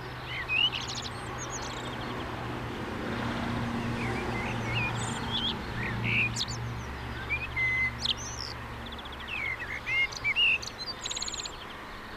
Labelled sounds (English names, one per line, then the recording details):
Common Blackbird song
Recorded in the wild
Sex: male
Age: adult
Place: Garmisch-Partenkirchen, Bayern, DE
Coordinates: 47.4928, 11.0761
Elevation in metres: 706
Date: 1968-04-24
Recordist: Tretzel, Erwin